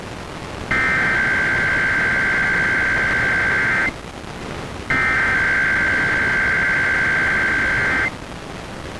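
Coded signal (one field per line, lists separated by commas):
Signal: Emergency Alert System (SAME) tones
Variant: header bursts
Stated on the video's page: Weekly IPAWS test received from an FM broadcast station at 105.9 MHz.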